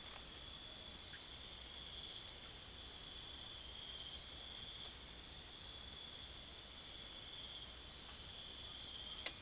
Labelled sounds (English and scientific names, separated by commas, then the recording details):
none
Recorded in secondary vegetation near Puerto Asís, Putumayo, Colombia, on 22 June 2025 at 03:30
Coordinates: 0.500, -76.326
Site GP08